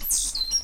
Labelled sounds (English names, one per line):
Stitchbird song